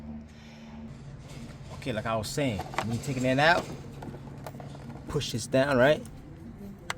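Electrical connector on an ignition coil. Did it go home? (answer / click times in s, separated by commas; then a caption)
released / 6.9 s. On a 2020 Infiniti QX50, during spark plug removal, the locking tab on an ignition coil's plastic electrical connector is pushed down so the connector can be wiggled off with a flathead. Someone talks, and a sharp click at 6.9 s shows the connector lock releasing open.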